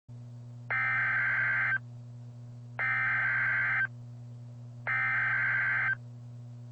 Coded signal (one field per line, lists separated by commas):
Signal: Emergency Alert System (SAME) tones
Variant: header bursts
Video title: EAS Tornado Warning 2: Dallas area NWS 12/26/15